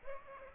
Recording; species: mosquito wingbeat signal from an infrared sensor; Aedes aegypti